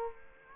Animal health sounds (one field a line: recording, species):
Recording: mosquito wingbeat signal from an infrared sensor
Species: Culex quinquefasciatus